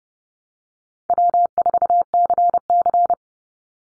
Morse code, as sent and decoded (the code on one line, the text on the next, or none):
.-- ....- -.-. -.-.
W4CC